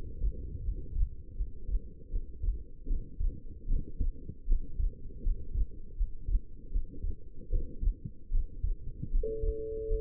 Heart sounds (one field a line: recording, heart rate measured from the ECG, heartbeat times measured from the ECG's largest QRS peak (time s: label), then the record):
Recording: heart sounds by stethoscope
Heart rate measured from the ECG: 78 bpm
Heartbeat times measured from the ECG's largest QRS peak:
0.63 s: heartbeat
1.36 s: heartbeat
2.10 s: heartbeat
2.87 s: heartbeat
3.67 s: heartbeat
4.46 s: heartbeat
5.22 s: heartbeat
5.96 s: heartbeat
6.71 s: heartbeat
7.49 s: heartbeat
8.30 s: heartbeat
9.10 s: heartbeat
9.86 s: heartbeat
From the record:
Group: healthy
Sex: female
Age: 19 years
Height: 163 cm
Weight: 51 kg